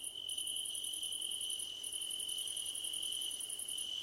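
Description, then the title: Crickets calling: a fast, clearly pulsed high trill running in long trains with brief gaps, over a steady unbroken lower cricket drone. Crickets calling at night under a starlit sky. "Nighttime Ambience with Crickets 🌃"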